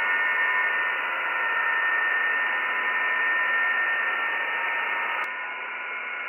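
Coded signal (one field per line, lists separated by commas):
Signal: PSK31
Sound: steady hiss with a thin warbling tone near 1.8 kHz and fainter tones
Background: radio static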